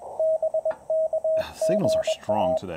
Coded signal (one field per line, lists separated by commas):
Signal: Morse code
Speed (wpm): 21 wpm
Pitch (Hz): 640 Hz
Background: speech, radio noise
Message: BK GA